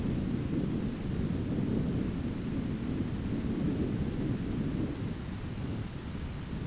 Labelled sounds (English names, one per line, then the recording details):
none
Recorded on Arctic tundra, site ZACK-1, on 15 June 2019
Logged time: 19:49